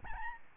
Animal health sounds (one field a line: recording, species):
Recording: mosquito wingbeat signal from an infrared sensor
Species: Aedes albopictus